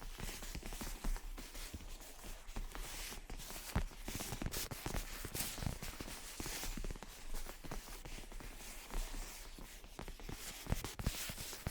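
Gentle tapping and scratching runs continuously, a dense stream of small crisp ticks and soft scrapes with no long pauses. The sound stays bright and fairly even in level, with slightly sharper taps around four and a half and five and a half seconds.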